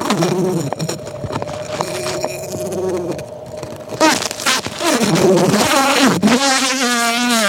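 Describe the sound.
Bumblebee buzzing, a low hum that drones evenly at first, then turns louder and more unsteady with wobbling pitch and sharp bumps.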